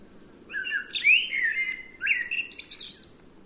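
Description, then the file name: Eurasian blackbird song with two linked phrases of fluted, gliding whistles and higher scratchy twitters, over low steady background noise. "Turdus merula"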